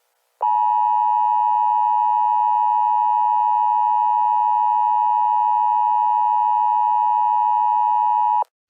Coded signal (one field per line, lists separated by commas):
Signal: Emergency Alert System (SAME) tones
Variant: 853 and 960 Hz attention tone